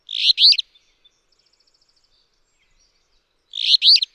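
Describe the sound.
Alder flycatcher singing a harsh, buzzy two-part phrase, repeated once after a quiet gap of about three seconds, with faint ticking notes between.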